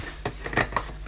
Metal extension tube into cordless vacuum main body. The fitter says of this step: we just push in nice click action